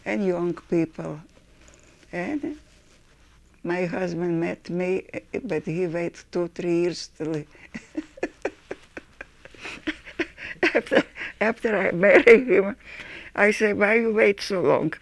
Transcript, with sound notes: and young people. My husband met me, but he wait two or three years until he — [Laughs] After I marry him, I say, "Why you wait so long?"